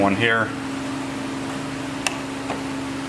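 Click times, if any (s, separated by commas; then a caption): 2.1 s. Someone talks briefly as a plastic push clip cap is pressed down into the front bumper cover of a 3rd-gen Tacoma truck, over a steady low hum. A single sharp snap at 2.1 s marks the clip seating home in the bumper cover.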